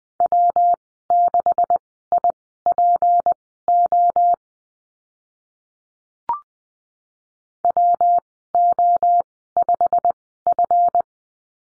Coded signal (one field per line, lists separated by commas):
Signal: Morse code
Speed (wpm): 20 wpm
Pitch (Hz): 700 Hz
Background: none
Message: W6IPO WO5F